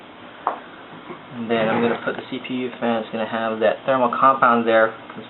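After a processor is dropped into a motherboard socket, the socket's metal retention lever is pushed down and snaps into place with a single sharp click at 0.5 s, seating the processor. Someone then talks.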